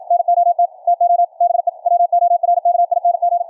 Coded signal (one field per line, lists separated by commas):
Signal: Morse code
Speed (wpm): 56 wpm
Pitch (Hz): 700 Hz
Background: none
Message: NOT TO BE WORKING